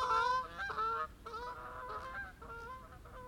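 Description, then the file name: Canada goose calls: a run of nasal honks, loud at first then trailing into softer, overlapping calls over a faint low rumble. "Canada Geese"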